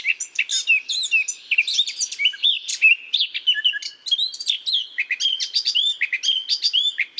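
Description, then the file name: Eurasian blackcap with an unbroken, busy warble of scratchy chirps and short whistled notes, high-pitched and rapidly varied throughout. "Sylvia atricapilla"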